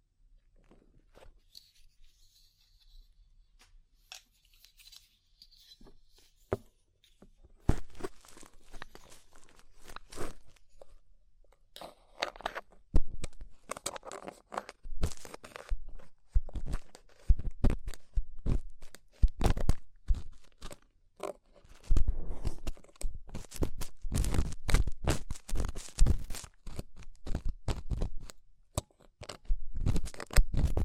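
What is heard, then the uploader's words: Deep ear treatment ASMR with crunchy, crinkling and tearing sounds. The first seven seconds are sparse and hushed, with faint soft rustles, then dense bursts of rapid, irregular crackles and scratches fill the rest. The sharp clicks grow louder and busier toward the end. ASMR Deep Ear Treatment for Sleep (No Talking).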